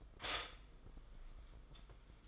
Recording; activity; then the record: daily activity, microphone in the room; stop toaster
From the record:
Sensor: 5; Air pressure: 990.8 hPa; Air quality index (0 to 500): 146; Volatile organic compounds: 136 ppm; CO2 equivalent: 3960 ppm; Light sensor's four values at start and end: 41/125/48/51 and 41/125/48/51